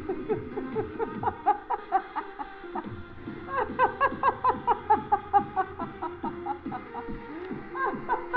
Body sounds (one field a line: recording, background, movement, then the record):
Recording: laughter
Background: music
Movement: sitting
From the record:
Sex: female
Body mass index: 21.8 kg/m2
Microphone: on the chest, facing the body